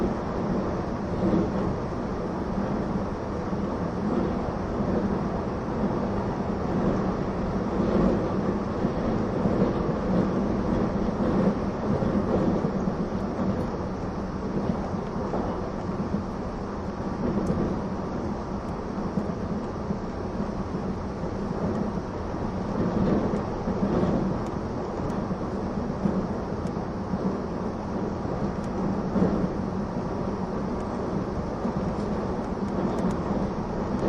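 A recording of the E261 series Saphir Odoriko No. 1 train: a steady, dense low rumble of running noise that holds its level for the whole clip. A faint hiss sits above it, with occasional soft knocks around 23 and 29 seconds.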